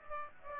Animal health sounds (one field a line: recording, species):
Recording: mosquito wingbeat signal from an infrared sensor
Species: Aedes aegypti